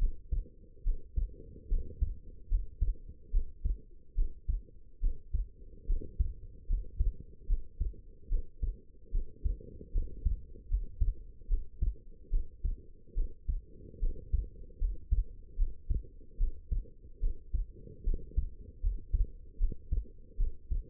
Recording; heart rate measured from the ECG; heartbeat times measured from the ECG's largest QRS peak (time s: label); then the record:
heart sounds by stethoscope; 74 bpm
0.84 s: heartbeat
1.69 s: heartbeat
2.49 s: heartbeat
3.31 s: heartbeat
4.15 s: heartbeat
5.01 s: heartbeat
5.87 s: heartbeat
6.67 s: heartbeat
7.47 s: heartbeat
8.29 s: heartbeat
9.12 s: heartbeat
9.93 s: heartbeat
10.69 s: heartbeat
11.48 s: heartbeat
12.30 s: heartbeat
13.15 s: heartbeat
14.00 s: heartbeat
14.79 s: heartbeat
15.57 s: heartbeat
16.38 s: heartbeat
17.20 s: heartbeat
18.04 s: heartbeat
18.81 s: heartbeat
19.58 s: heartbeat
20.37 s: heartbeat
From the record:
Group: healthy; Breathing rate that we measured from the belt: 15 breaths a minute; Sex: female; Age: 19 years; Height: 163 cm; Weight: 51 kg